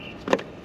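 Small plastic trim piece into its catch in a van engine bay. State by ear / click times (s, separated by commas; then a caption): seated / 0.3 s. A small plastic trim piece is slid in from the top down into its catch in the engine bay of a Mercedes Sprinter diesel van during a fuel filter change. Two brief, weak snaps are heard at 0.3 s and 0.3 s (0.28 s and 0.33 s), the second louder, against a quiet background. The catch engages and the piece is seated with an unsatisfying snap, finishing the job.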